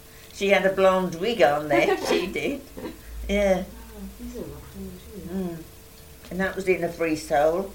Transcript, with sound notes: Aw.
She had a blonde wig on then, she did. [laughs] Yeah. And that was in A Free Soul.